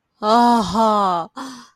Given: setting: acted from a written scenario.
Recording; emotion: vocal sound without words; ecstasy